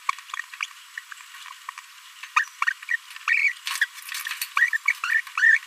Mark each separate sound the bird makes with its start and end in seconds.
0.62-0.65, 2.36-2.44, 2.62-2.65, 2.67-2.70, 3.27-3.52, 4.57-4.70, 4.73-4.77, 5.37-5.58